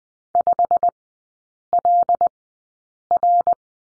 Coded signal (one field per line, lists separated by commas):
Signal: Morse code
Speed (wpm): 20 wpm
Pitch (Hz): 700 Hz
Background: none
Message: 5LR